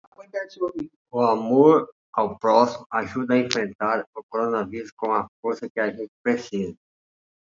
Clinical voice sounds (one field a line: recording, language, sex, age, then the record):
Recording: spoken sentence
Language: Brazilian Portuguese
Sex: male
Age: 50 to 59 years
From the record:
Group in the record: control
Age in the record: 54 years